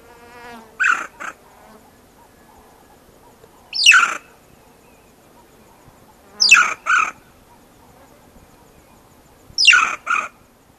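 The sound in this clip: Banded mongoose calls: four bursts of sharp, high, squeaky chirps, often in quick pairs, spaced roughly every three seconds over a quiet background.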